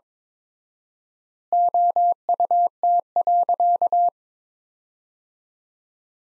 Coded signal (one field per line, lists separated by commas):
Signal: Morse code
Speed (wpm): 22 wpm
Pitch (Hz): 700 Hz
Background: none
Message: OUT.